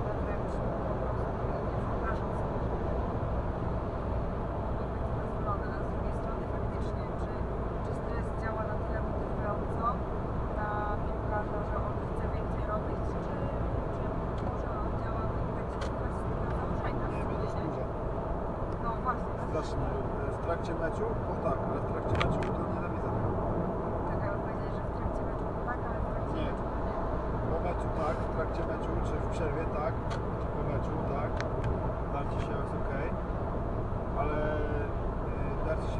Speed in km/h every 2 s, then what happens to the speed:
106, 106, 106, 106, 106, 106, 106, 106, 106, 102, 100, 100, 100, 103, 106, 106, 106, 106.
0-16 steady at about 106. 16-20 slows to 100. 20-36 steady at about 103.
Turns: none.